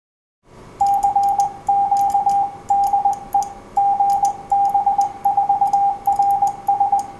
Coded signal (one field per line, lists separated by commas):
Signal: Morse code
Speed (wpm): 21 wpm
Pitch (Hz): 800 Hz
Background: none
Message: CQ DE GB4RS